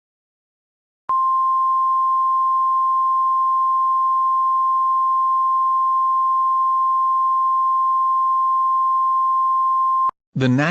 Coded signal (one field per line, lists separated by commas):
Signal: Emergency Alert System (SAME) tones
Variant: 1050 Hz attention tone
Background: speech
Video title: MARGINAL INSANITY 18: EL NIÑO RETURNS - EAS Alerts From 6/1/26 - 6/3/26 (EAS #5521-5556)